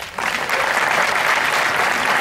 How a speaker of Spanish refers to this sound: No aplaudáis todavía.